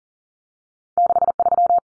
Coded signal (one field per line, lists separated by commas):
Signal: Morse code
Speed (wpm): 40 wpm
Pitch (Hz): 700 Hz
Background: none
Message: 63